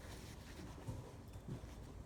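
On a 2008–2009 BMW X6 35i with the N54 engine, a new replacement part is slid over its mount on the valve cover area during a valve cover job. A steady, low, wind-like rumble fills the clip, with soft low bumps of handling near 0.9 and 1.5 seconds. The part has not locked into place yet; nothing has seated or clicked.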